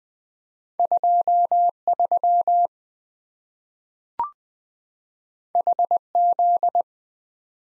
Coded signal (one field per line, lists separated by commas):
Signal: Morse code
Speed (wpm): 20 wpm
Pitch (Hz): 700 Hz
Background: none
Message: 23 HZ